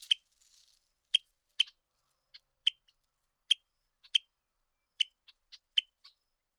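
Bird calls: crisp short ticking notes spaced irregularly, some doubled, with a brief soft rasp near the start.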